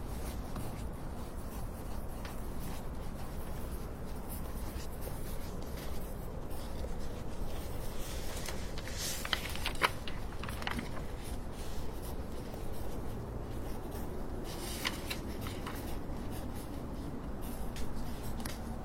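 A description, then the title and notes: Crisp writing sounds scratch along steadily over a constant low rumble, with sharper strokes and taps around nine to ten seconds and fifteen seconds. The crisp writing sound.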